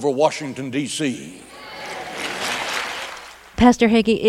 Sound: soundbite of claps, cheers

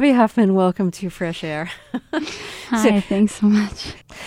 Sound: laughter

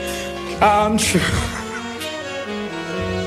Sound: sobs

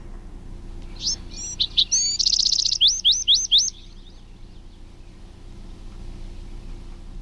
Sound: soundbite of adult wren's birdsong

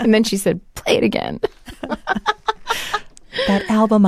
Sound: laughter

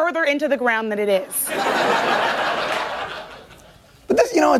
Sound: laughter

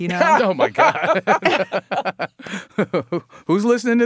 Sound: laughter

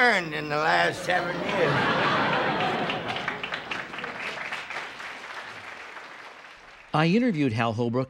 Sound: applause

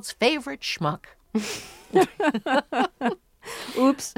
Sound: laughter

